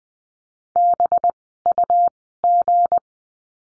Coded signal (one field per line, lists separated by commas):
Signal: Morse code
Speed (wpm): 20 wpm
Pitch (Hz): 700 Hz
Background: none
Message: BUG